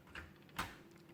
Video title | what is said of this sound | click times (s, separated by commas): Gamecube region mod | Hear that click, that's in place. | 0.6 s